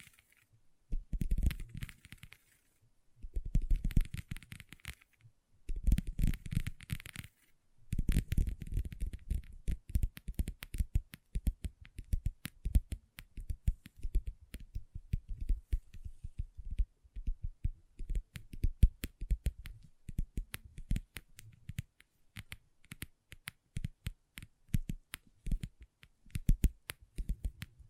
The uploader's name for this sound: Table Tapping & Scratching with Long Nails